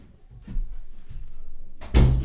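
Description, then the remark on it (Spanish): A door is pushed shut, ending in a loud, heavy thud after a couple of softer low bumps and rattles. No voices are heard. “Así que graben con calma, pero esta puerta no se cierra y la de afuera tampoco, solo la del medio.”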